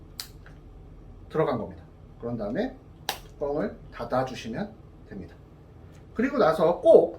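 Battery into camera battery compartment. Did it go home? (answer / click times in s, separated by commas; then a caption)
yes / 0.2 s. A camera battery, held with its metal contacts facing the slot, is pushed into the camera's battery compartment and seats with a sharp click at 0.2 s, followed by a fainter tick at 0.5 s. Someone then talks about closing the lid.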